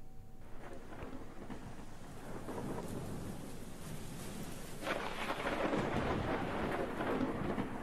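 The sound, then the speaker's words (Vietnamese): Heavy afternoon rain suddenly pours down in a dense, steady hiss while low thunder rumbles underneath, the downpour swelling louder and brighter in the last few seconds. “người ta bàn nhau là chôn cất bà Xuân, thì trời tự nhiên đổ mưa to lắm”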